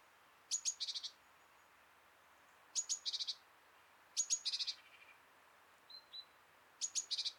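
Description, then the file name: Great tit calling: sharp high notes tumbling into a buzzy chatter, four phrases with gaps, plus a pair of faint softer notes near the end. "Parus major"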